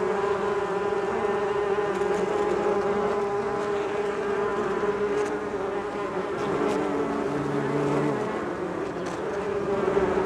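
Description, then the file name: Bees humming in a constant drone, briefly joined by a lower hum. "benboncan bees"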